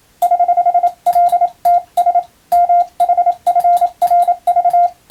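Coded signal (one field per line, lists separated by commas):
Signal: Morse code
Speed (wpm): 27 wpm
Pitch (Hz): 700 Hz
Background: none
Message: <HH>LTS MHFRV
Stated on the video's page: Morse receiving practice sent by hand with a key, using a telegram practice book.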